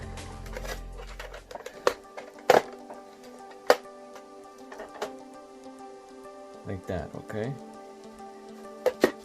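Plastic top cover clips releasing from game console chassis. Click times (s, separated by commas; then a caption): 1.9 s, 2.5 s, 3.7 s. Someone talks while pulling up on the front corners of the plastic top cover of a PS4 Slim game console to unclip it from the chassis. Sharp plastic snaps ring out at 1.9, 2.5 and 3.7 seconds as the clips release, and the cover comes off without breaking the console.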